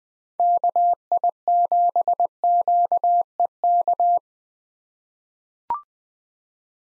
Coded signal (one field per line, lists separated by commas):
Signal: Morse code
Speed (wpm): 20 wpm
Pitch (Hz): 700 Hz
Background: none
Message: KI7QEK